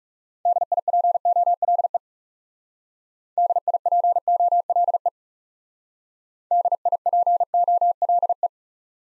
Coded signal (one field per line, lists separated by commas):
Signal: Morse code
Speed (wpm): 38 wpm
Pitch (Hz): 700 Hz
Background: none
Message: DIPOLE DIPOLE DIPOLE